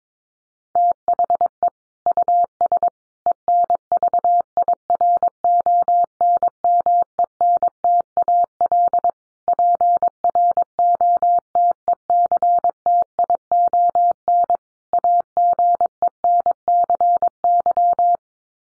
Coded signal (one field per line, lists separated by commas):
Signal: Morse code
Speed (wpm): 22 wpm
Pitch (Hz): 700 Hz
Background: none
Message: THE US ENVIRONMENTAL PROTECTION AGENCY